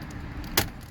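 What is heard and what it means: A plastic dash trim panel in a BMW F10 is pried off with a trim removal tool until its retaining clip lets go of the dashboard holder, where it had been snapped in place. A low, steady background rumble is broken by a single sharp pop at 0.6 s. The clip releases and the trim piece comes free.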